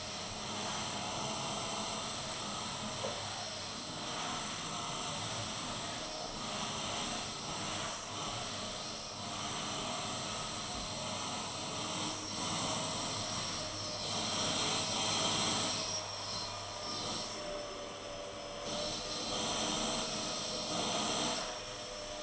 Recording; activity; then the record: daily activity, microphone in the room; vacuum cleaning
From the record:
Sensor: 4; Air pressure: 1000.1 hPa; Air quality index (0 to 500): 232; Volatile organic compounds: 32 ppm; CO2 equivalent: 2992 ppm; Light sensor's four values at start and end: 9/21/8/8 and 9/21/8/8